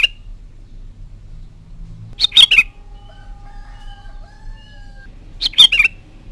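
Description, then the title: Sooty-headed bulbul: a lone note, then two bubbly whistled phrases about three seconds apart, with faint thin whistles in between. "Kutilang"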